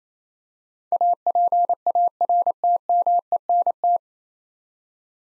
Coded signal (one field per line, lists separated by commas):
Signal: Morse code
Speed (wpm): 28 wpm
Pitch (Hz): 700 Hz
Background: none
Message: APARTMENT